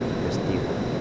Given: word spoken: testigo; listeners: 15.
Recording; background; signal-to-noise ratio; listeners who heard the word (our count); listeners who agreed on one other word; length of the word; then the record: one Spanish word in noise, from a listening test; speech-shaped noise; -6.1 dB; 0 of 15; 9 of 15; 0.61 s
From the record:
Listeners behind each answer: 9, 1, 1, 1, 1, 1, 1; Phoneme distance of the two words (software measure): 20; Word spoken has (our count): 3 syllables, 7 phonemes, stress on syllable 2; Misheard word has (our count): 3 syllables, 7 phonemes, stress on syllable 2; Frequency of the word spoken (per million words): 30.67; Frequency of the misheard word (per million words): 46.28